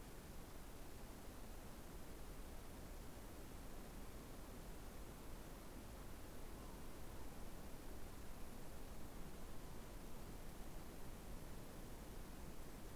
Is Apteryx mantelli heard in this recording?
no